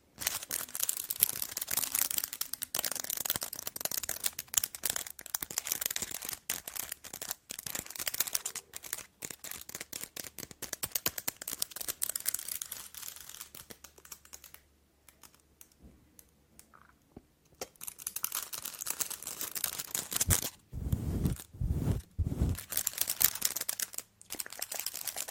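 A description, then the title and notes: Long nails tap and flutter in dense, rapid, crisp clicks, with a crinkly, scratchy texture. The tapping pauses for a couple of seconds around the middle, then resumes, with heavier, fuller rubbing bursts near twenty to twenty-three seconds. ASMR Nail Tapping and Finger Fluttering with EXTREME LONG NAILS.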